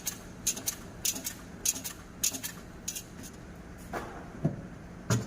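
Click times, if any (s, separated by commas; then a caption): none. A pallet jack handles a forklift's traction battery as it is lowered back toward its seat in the forklift battery bay. Sharp metallic clanks and rattles are heard over a steady low hum. Nothing has seated or clicked yet.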